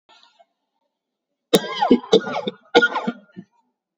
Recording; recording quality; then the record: heavy voluntary cough; excellent, no background noise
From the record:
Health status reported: COVID-19 positive, no symptoms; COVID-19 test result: positive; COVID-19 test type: RT-PCR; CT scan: taken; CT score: 2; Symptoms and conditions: fatigue, hypertension, diabetes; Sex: male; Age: 48 years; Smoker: no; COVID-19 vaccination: one dose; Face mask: worn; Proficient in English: yes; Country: India